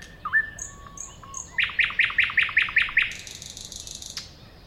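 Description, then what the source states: Thrush nightingale song: thin high whistles and a dipping whistle, then a loud series of clicking chocks and a long dry rattling trill. At a woodland edge next to a lake.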